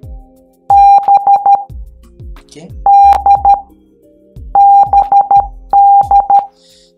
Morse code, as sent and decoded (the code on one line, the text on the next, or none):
-... / -.. / -... -..
B D BD